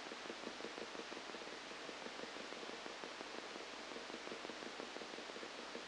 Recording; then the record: brain microelectrode recording played as sound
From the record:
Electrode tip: outside the subthalamic nucleus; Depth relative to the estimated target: -6 mm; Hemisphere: left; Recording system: NeuroSet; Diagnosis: Parkinson's disease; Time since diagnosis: 8 years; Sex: male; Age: 37 years